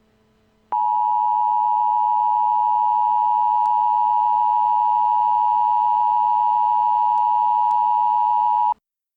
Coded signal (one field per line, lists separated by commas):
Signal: Emergency Alert System (SAME) tones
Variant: 853 and 960 Hz attention tone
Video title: The Terrorist Attack: An EAS Scenario